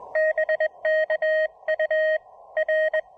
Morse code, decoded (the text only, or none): BK UR